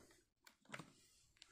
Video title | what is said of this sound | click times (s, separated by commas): Power XL cordless iron & Steamer | press on it till it snaps like you just heard. | 0.7 s